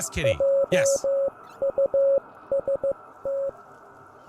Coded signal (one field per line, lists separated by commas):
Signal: Morse code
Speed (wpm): 15 wpm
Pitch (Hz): 550 Hz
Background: speech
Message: JUST